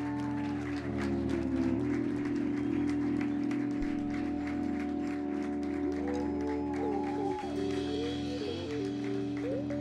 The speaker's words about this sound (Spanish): Muchas gracias, un aplauso para vosotros, muy grande, por favor.